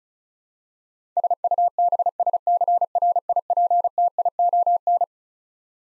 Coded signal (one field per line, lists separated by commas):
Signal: Morse code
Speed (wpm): 36 wpm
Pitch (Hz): 700 Hz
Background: none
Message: SUBSCRIPTION